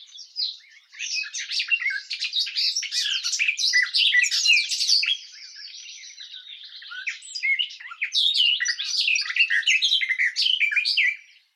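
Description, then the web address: European goldfinch song, a fast liquid twittering of varied chirps and trills in two long bursts, with a quieter stretch in the middle before the singing picks up again. "щегол"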